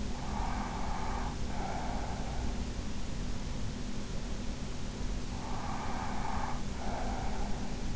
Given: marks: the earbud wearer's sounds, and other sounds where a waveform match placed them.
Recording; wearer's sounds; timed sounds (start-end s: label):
sounds in sleep by an in-ear microphone; breath
0.00-2.51 s: breath
5.19-7.65 s: breath